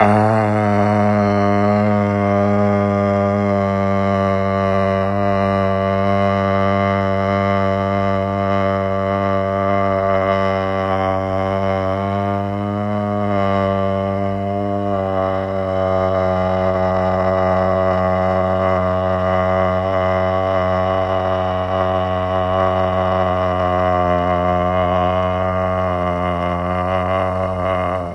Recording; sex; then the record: sustained vowel /a/; male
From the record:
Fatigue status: no fatigue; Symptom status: asymptomatic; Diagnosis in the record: COVID-19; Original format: m4a